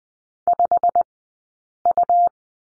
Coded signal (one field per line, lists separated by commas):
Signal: Morse code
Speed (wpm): 20 wpm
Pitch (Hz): 690 Hz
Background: none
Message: 5U